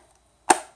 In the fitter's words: got a pretty good you know it's got a real positive click which